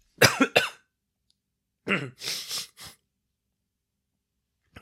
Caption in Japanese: 【感染後の症状】①自己隔離2日目 (2022年7月20日)。 Covid 19 test Positive。 途中、咳をしたり辛そうな声なので。